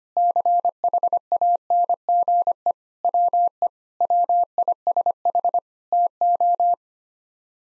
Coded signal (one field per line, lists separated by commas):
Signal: Morse code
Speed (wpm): 25 wpm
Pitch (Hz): 700 Hz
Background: none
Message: CHANGE WE WISH TO